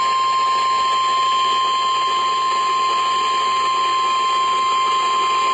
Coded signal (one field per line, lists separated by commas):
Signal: Emergency Alert System (SAME) tones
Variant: 1050 Hz attention tone